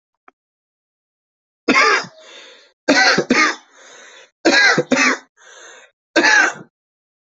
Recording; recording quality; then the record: heavy voluntary cough; excellent, no background noise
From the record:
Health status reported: healthy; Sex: male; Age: 20 years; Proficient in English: yes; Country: India